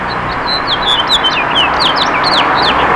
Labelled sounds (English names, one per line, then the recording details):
House Finch song
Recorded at East Hampton on Long Island, New York, on 15 June 2013
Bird A